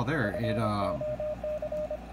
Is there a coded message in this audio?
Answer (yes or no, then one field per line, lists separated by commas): yes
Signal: Morse code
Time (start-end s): 0.2-2.0 s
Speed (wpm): 25 wpm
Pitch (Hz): 610 Hz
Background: speech, radio noise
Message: FOC